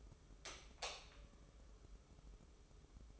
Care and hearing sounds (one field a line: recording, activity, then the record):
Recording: daily activity, microphone in the room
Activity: light on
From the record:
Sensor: 1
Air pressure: 995.4 hPa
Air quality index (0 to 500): 25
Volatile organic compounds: 0 ppm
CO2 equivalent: 500 ppm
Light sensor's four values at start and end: 11/26/10/11 and 14/42/16/17